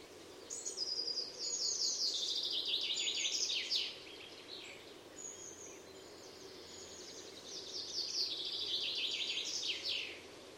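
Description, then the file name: Common chaffinch song heard twice: each phrase a descending rattle of sweet notes ending with a flourish, separated by a few seconds of steady background hiss. "Fringilla coelebs"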